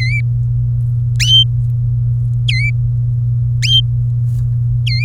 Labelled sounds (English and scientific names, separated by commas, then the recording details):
Domestic Canary (Serinus canaria) song
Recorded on 23 April 2018 at 16:06
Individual llb3